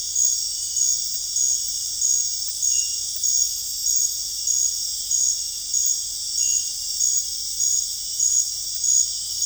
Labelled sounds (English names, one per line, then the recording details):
none
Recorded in secondary vegetation near Puerto Asís, Putumayo, Colombia, on 20 December 2024 at 20:30
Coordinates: 0.484, -76.319
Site GP06